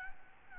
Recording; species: mosquito wingbeat signal from an infrared sensor; Aedes albopictus